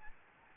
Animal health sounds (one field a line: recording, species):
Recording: mosquito wingbeat signal from an infrared sensor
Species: Aedes albopictus